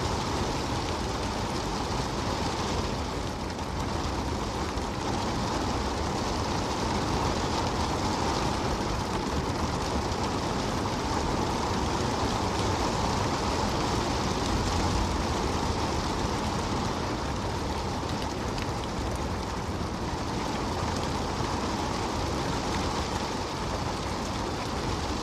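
Rain falls in a steady, dense wash of hiss that stays at the same level for the whole clip. A low, rumbling layer runs underneath the brighter patter. No separate drops or other events stand out.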